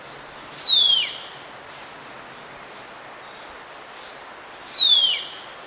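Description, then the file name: Bird calling twice, about four seconds apart, each a sharp high note gliding downward, with a soft constant hiss between them. "burung madi hitam"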